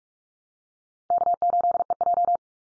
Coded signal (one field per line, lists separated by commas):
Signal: Morse code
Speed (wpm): 44 wpm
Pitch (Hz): 700 Hz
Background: none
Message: K8EJ